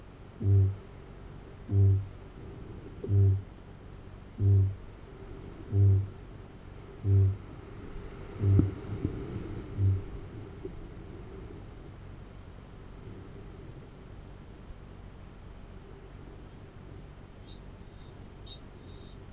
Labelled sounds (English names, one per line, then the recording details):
Kākāpō boom
Kākāpō ching call
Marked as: faintness 2/5, faintness 3/5, faintness 5/5
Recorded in New Zealand
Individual Arab